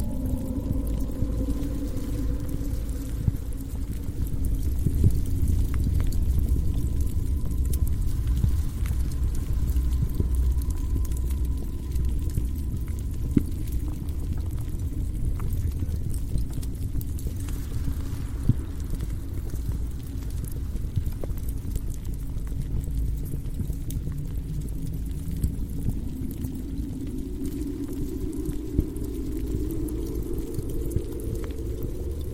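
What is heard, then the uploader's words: A dark underworld ambience of deep, constant rumbling, like churning lava, with a low moaning drone that sags midway and swells upward near the end. Scattered crackles and knocks pop throughout, and a faint, thin whine hangs far above. Underworld asmr ambience | abyss of hell | lava , flame , rockfall, monster sounds.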